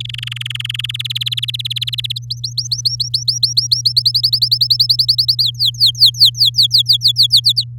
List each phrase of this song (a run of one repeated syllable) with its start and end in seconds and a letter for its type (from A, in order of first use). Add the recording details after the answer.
0.00-0.91 A, 0.94-2.19 B, 2.19-3.93 C, 3.96-5.43 D, 5.43-7.64 E. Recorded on 8 May 2018 at 13:21. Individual llb16